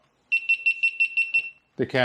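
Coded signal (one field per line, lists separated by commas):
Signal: none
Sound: camera's setup warning beeps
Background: speech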